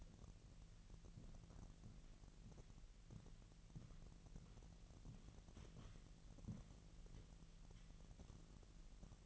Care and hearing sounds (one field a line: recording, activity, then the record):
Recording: daily activity, microphone in the room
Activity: walk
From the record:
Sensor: 4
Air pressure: 1003.0 hPa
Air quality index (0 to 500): 248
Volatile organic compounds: 27 ppm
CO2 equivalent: 2885 ppm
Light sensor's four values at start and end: 8/17/7/7 and 8/17/7/7